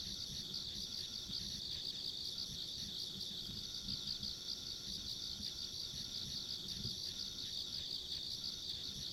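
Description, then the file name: Insect chorus, a continuous bright pulsed trill at high pitch, plus a quieter higher chirring band and low rumble. Ambient sound of insects along a rural country road. "田舎道の虫の環境音"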